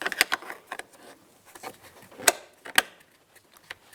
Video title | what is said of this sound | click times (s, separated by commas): How to Replace Front Interior Door Handle 2009-2019 Ford Flex | Slide it in, listen for a click, make sure it is secure. | 2.3 s, 2.8 s